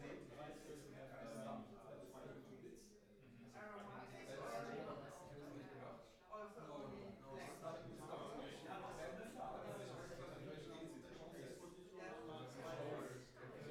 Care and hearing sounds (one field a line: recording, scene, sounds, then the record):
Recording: everyday scene through a hearing-aid microphone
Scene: many people talking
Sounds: many voices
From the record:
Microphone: behind the ear, right, front